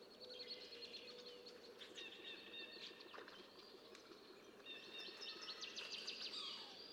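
Red-winged blackbird song: harsh buzzy trills in two bursts a few seconds apart, over steady background noise.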